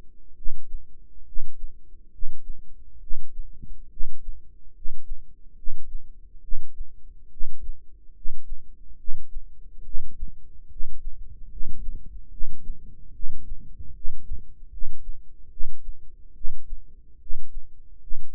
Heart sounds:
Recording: heart sounds by microphone in the right ear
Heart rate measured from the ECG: 71 bpm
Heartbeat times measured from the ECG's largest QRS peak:
0.34 s: heartbeat
1.24 s: heartbeat
2.10 s: heartbeat
2.99 s: heartbeat
3.88 s: heartbeat
4.72 s: heartbeat
5.54 s: heartbeat
6.40 s: heartbeat
7.29 s: heartbeat
8.13 s: heartbeat
8.96 s: heartbeat
9.83 s: heartbeat
10.68 s: heartbeat
11.48 s: heartbeat
12.29 s: heartbeat
13.12 s: heartbeat
13.92 s: heartbeat
14.69 s: heartbeat
15.49 s: heartbeat
16.33 s: heartbeat
17.18 s: heartbeat
17.99 s: heartbeat
From the record:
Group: healthy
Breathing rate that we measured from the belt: 19 breaths a minute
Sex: male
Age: 35 years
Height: 180 cm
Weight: 86.9 kg

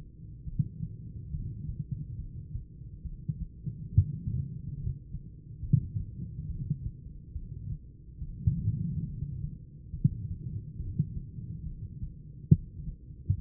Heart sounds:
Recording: heart sounds by stethoscope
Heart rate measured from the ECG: 70 bpm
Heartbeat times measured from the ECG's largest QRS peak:
0.42 s: heartbeat
1.29 s: heartbeat
2.15 s: heartbeat
3.01 s: heartbeat
3.87 s: heartbeat
4.73 s: heartbeat
5.59 s: heartbeat
6.45 s: heartbeat
7.31 s: heartbeat
8.17 s: heartbeat
9.04 s: heartbeat
9.90 s: heartbeat
10.75 s: heartbeat
11.62 s: heartbeat
12.48 s: heartbeat
13.34 s: heartbeat
From the record:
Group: heart failure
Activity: rest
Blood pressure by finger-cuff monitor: 150/68 mmHg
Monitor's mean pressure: 102 mmHg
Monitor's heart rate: 70 bpm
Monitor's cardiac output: 9.9 L/min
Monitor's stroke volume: 142 mL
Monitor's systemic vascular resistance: 720 dyn s/cm5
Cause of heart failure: idiopathic cardiomyopathy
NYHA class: 2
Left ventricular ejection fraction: 51%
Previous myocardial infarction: absent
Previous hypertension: present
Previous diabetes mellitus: absent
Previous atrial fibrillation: absent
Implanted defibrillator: present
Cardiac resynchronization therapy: absent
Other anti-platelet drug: absent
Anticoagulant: apixaban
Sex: female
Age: 61 years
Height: 163 cm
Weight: 111 kg

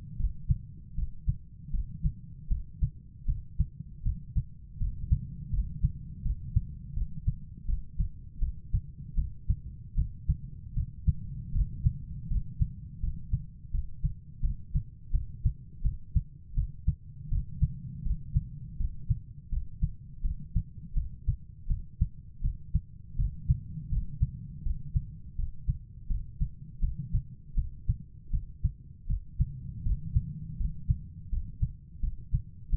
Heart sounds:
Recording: heart sounds by stethoscope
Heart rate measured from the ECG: 81 bpm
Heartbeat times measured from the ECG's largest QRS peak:
0.16 s: heartbeat
0.95 s: heartbeat
1.70 s: heartbeat
2.47 s: heartbeat
3.25 s: heartbeat
4.02 s: heartbeat
4.77 s: heartbeat
5.50 s: heartbeat
6.22 s: heartbeat
6.93 s: heartbeat
7.65 s: heartbeat
8.39 s: heartbeat
9.14 s: heartbeat
9.94 s: heartbeat
10.74 s: heartbeat
11.52 s: heartbeat
12.27 s: heartbeat
13.00 s: heartbeat
13.71 s: heartbeat
14.40 s: heartbeat
15.11 s: heartbeat
15.81 s: heartbeat
16.54 s: heartbeat
17.28 s: heartbeat
18.02 s: heartbeat
18.77 s: heartbeat
19.49 s: heartbeat
20.21 s: heartbeat
20.93 s: heartbeat
21.67 s: heartbeat
22.41 s: heartbeat
23.16 s: heartbeat
23.89 s: heartbeat
24.62 s: heartbeat
25.35 s: heartbeat
26.07 s: heartbeat
26.79 s: heartbeat
27.54 s: heartbeat
28.30 s: heartbeat
29.06 s: heartbeat
29.82 s: heartbeat
30.57 s: heartbeat
31.29 s: heartbeat
32.00 s: heartbeat
32.69 s: heartbeat
From the record:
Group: healthy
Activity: cold pressor test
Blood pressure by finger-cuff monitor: 127/96 mmHg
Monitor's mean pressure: 107 mmHg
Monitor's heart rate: 81 bpm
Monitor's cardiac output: 5.8 L/min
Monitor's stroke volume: 71 mL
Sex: female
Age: 32 years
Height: 172 cm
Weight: 71.7 kg

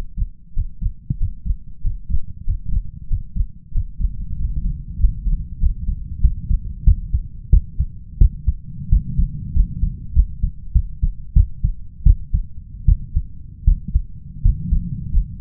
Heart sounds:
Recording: heart sounds by stethoscope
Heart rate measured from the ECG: 91 bpm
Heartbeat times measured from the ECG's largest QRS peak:
0.54 s: heartbeat
1.18 s: heartbeat
1.81 s: heartbeat
2.44 s: heartbeat
3.08 s: heartbeat
3.72 s: heartbeat
4.37 s: heartbeat
4.98 s: heartbeat
5.59 s: heartbeat
6.20 s: heartbeat
6.84 s: heartbeat
7.49 s: heartbeat
8.18 s: heartbeat
8.89 s: heartbeat
9.52 s: heartbeat
10.13 s: heartbeat
10.72 s: heartbeat
11.33 s: heartbeat
12.03 s: heartbeat
12.85 s: heartbeat
13.64 s: heartbeat
14.42 s: heartbeat
15.10 s: heartbeat
From the record:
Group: healthy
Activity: Valsalva maneuver 0-2 s, rest 2-15 s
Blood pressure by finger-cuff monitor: 119/87 mmHg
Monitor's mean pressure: 97 mmHg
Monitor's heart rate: 93 bpm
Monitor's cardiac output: 6.3 L/min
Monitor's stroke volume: 68 mL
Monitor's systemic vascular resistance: 1080 dyn s/cm5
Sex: male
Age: 21 years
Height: 180 cm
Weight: 67.5 kg

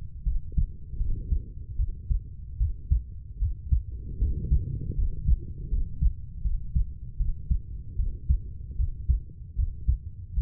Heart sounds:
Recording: heart sounds by stethoscope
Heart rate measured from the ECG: 77 bpm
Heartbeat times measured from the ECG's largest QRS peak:
0.24 s: heartbeat
0.98 s: heartbeat
1.77 s: heartbeat
2.58 s: heartbeat
3.39 s: heartbeat
4.19 s: heartbeat
4.95 s: heartbeat
5.69 s: heartbeat
6.42 s: heartbeat
7.17 s: heartbeat
7.96 s: heartbeat
8.76 s: heartbeat
9.56 s: heartbeat
10.34 s: heartbeat
From the record:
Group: healthy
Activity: rest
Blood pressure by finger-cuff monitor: 135/68 mmHg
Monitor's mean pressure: 85 mmHg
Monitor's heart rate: 76 bpm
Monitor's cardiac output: 7.5 L/min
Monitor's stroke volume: 95 mL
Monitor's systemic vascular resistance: 830 dyn s/cm5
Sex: female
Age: 32 years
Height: 168 cm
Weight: 61.9 kg

